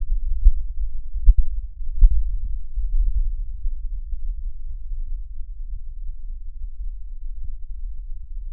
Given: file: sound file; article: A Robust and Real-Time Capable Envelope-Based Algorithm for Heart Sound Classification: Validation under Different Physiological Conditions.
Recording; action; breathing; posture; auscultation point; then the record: heart sounds by electronic stethoscope; rest; normal; sitting; centre of the back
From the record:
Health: healthy, no known heart disease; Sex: male